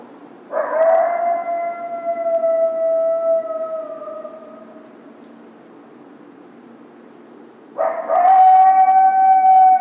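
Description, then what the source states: Coyote howls: one long sustained note gently falling over about four seconds, a pause of several seconds, then a second steady howl begins. Recorded March 2, 2010.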